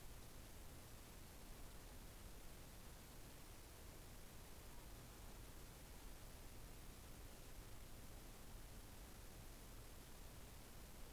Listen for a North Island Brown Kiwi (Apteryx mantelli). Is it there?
no